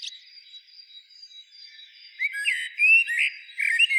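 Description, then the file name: Eurasian blackbird song: faint thin high notes at first, then a run of rich warbled whistles and sharp squeaky twitters in the second half. "Turdus merula"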